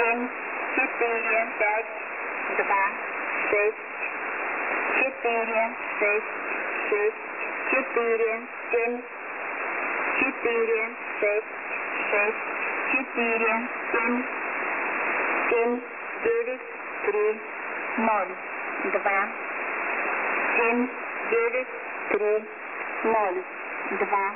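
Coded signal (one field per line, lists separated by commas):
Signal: numbers station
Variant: S06s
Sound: flat voice reading numbers in groups over radio static, short evenly spaced words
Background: radio static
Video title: S06s Full Message At 0840z on 11/11/13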